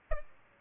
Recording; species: mosquito wingbeat signal from an infrared sensor; Aedes albopictus